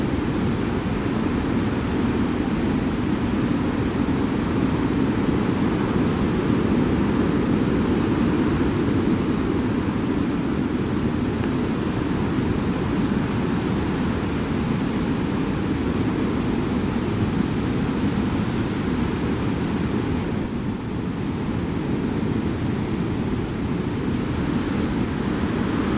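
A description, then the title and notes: High wind roars steadily through an ancient woodland, a dense, unbroken rush weighted toward the low and middle range. The level barely shifts across the whole stretch, with a faint lift around a few gusts but no distinct events standing out. High Wind In The Whittle. High wind in an ancient woodland.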